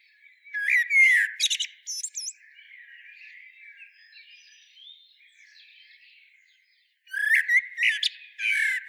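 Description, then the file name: Common blackbird producing a loud twittering phrase, then a calm stretch of soft background birdsong, before a second lively phrase of whistles and chips. "Turdus merula"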